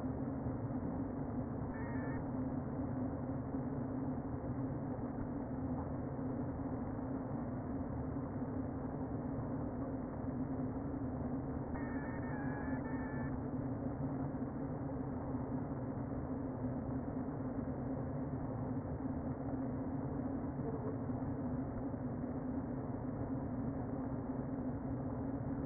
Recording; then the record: honeybee colony, microphone inside the hive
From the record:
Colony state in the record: queen present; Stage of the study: before two queens were removed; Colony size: about 60,000 bees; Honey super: yes